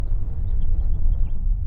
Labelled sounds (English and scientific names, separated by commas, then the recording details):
House Finch (Haemorhous mexicanus) song
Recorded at Oak Beach on Long Island, New York, on 21 May 1975
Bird B